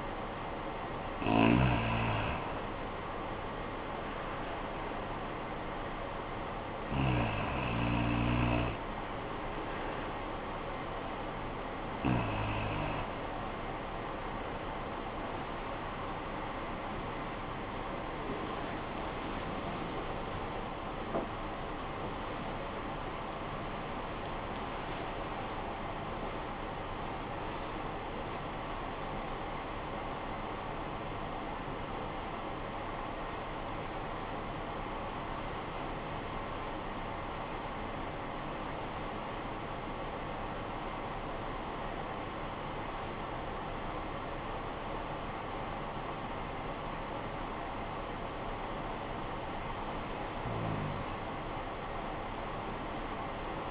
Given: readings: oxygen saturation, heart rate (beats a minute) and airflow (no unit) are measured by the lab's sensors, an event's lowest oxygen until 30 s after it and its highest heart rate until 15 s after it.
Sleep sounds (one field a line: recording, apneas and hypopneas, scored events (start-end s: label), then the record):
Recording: a person awake in a sleep study, by a voice recorder at the bedside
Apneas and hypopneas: 1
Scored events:
9.00-39.00 s: new sleep stage, awake
13.00-40.00 s: awake
21.00-43.90 s: hypopnea (scored as awake, oxygen 98% highest, then 95% lowest, heart rate 87 at the start, 92 highest)
39.00-53.70 s: new sleep stage, N1 (lightest sleep)
From the record:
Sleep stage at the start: REM sleep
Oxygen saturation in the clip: 86 to 98%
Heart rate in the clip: 56 to 92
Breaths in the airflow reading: 10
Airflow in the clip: -15.3 to 17.7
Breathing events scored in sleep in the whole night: 445 in 7.6 hours asleep